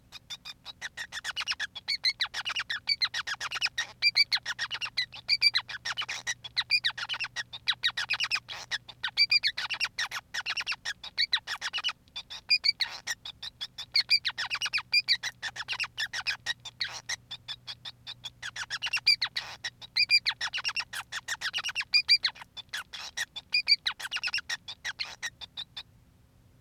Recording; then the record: song of a male Bengalese finch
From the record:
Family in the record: son of father 5